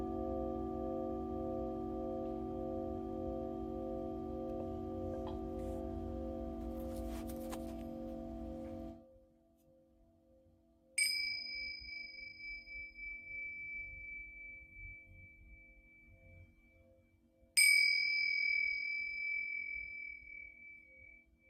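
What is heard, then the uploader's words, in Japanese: A singing bowl hums with a steady low drone that fades near nine seconds, then is struck twice, at eleven and seventeen seconds, each ring slowly decaying. 朝のちょこっとLive シンギングボウル。シンギングボウルの波動。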